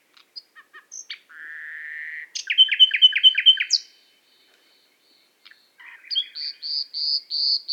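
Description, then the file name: Common nightingale song: scattered clicks, a long steady whistled note, a rapid series of sharp repeated notes, a pause, then a string of pure whistles. "Luscinia megarhynchos"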